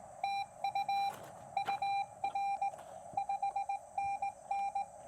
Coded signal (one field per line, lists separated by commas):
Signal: Morse code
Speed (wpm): 18 wpm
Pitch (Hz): 800 Hz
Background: none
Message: TU UR 5NN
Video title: POTA Test: Exploring the QMX High-Band & Lightweight Explorer Carbon Fiber Mast!